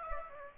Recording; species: mosquito wingbeat signal from an infrared sensor; Aedes aegypti